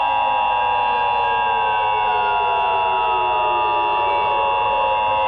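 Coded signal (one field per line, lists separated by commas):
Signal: Emergency Alert System (SAME) tones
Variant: 853 and 960 Hz attention tone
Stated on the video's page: Mock EAS alert, a remastered version.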